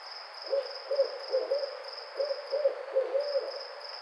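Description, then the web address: Barred owl giving short, even-pitched hoots in two groups, with an insect buzzing high above. Recorded on 28 May 2009. "Barred Owl 2009 05 28 Barred Owl 01"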